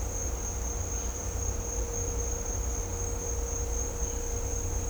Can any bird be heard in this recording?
no